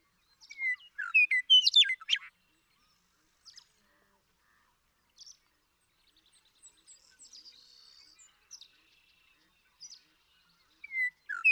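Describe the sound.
Western meadowlark song: a gurgling whistled phrase at the start, scattered short notes and a thin buzzy note in the middle, and another song beginning at the end.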